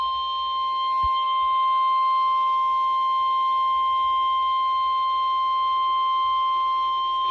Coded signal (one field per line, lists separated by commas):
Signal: Emergency Alert System (SAME) tones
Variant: 1050 Hz attention tone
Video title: TBW Severe Thunderstorm Warning on KIH63 (EAS #319)